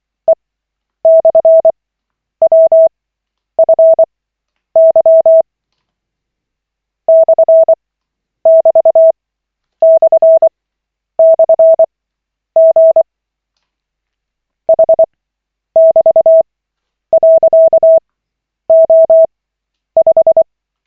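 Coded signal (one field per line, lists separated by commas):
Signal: Morse code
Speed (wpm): 24 wpm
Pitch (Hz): 650 Hz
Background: none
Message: E/WFY /<BT>//G H<BT>.O5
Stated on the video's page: Koch method Morse practice session, lesson 28 of 40, from an online trainer.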